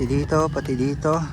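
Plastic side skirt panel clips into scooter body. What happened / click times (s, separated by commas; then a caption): Handled, not yet home: no clip has snapped in yet / none. A repainted plastic side skirt panel is pressed back onto a Honda Click scooter body at several clip points while someone talks. Nothing has seated or clicked yet in this clip.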